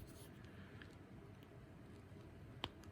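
A second plastic wing peg is pressed into the back socket of an action figure, with only faint scratchy handling noise before a single sharp click at 2.6 s. The peg seats but immediately pops back out, which is blamed on the wing angle or the paint coat.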